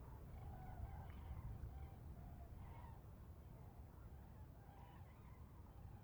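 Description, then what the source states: Common cranes giving faint, hoarse trumpeting calls in short bursts scattered throughout, over a steady low rumble like wind. Common cranes in a close fly-by at Lac du Der, France, on 10 January 2021.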